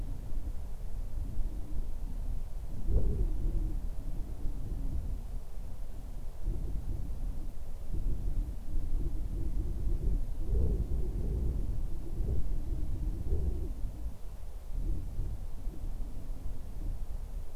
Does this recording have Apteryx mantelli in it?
no